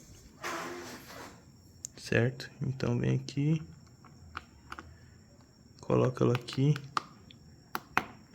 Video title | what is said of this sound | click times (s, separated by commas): Instalando seta embutida na Yamaha R3 | Colocou apertou beleza tá travado vamos pra próxima e | 8.0 s